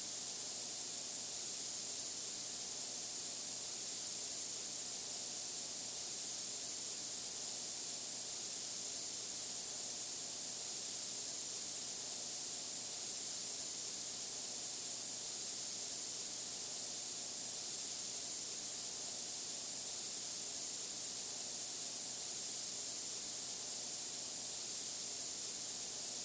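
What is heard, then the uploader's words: A nitrogen gun blows a steady, unbroken hiss for the whole stretch, bright and airy, with most of the sound sitting high up. Nothing changes over time: no bursts, pauses or other events, only a faint low rumble underneath the constant spray. Seeqc Sounds: Nitrogen Gun.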